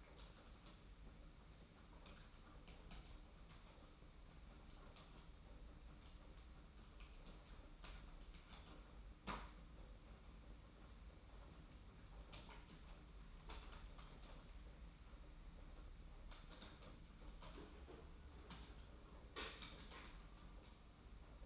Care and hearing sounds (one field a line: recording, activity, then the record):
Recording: daily activity, microphone in the room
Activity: typing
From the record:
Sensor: 1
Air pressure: 991.7 hPa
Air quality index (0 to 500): 173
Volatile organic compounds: 1000 ppm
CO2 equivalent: 6550 ppm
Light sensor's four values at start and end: 29/100/38/39 and 29/100/38/39